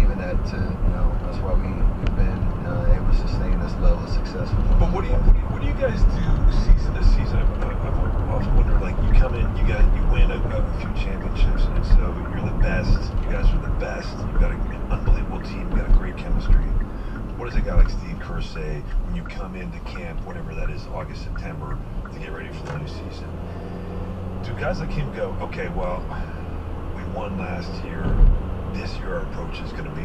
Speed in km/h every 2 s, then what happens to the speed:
64, 68, 68, 69, 69, 64, 61, 53, 44, 32, 37, 45, 55, 61, 66.
0-9 steady at about 68. 9-19 brakes to 32. 19-30 speeds up to 66.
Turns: 16-21.